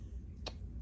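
A Scalarworks Leap 2.0 optic mount's adjustment part is pushed in and gives a positive click at 0.5 s, a short sharp snap over a low background hum. The part seats with the click.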